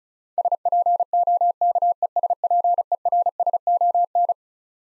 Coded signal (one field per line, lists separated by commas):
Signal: Morse code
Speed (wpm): 36 wpm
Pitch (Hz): 700 Hz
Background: none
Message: SPOKESPERSON